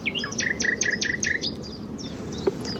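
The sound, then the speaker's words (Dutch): Songbirds such as nightingale, chaffinch and willow warbler sing a quick run of bright, high, repeated notes, then scattered thinner calls, in the Amsterdam water supply dunes between Noordwijk and Zandvoort, Netherlands, over a steady low rumble, with an airplane also heard, and no talking. “hoorde in de Amsterdamse waterleiding Duinen, die, zo u weet, helemaal niet in Amsterdam liggen, maar tussen Noordwijk en Zandvoort, en onder meer in de gemeente Bentveld, de nachtegaal, de vink, de vitus en een vliegtuig.”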